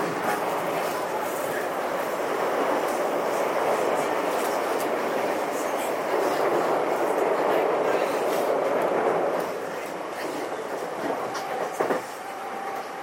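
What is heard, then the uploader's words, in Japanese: A JR 323 series train rolls along with a steady, dense rumble that eases after nine seconds, with a brief clank near twelve seconds. JR323系 桃谷→桃谷。朝早くに乗車して録音しましたが、そこそこ乗客がおり、少し声が聞こえます。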